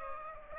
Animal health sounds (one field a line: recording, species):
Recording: mosquito wingbeat signal from an infrared sensor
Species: Aedes aegypti